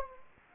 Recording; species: mosquito wingbeat signal from an infrared sensor; Anopheles gambiae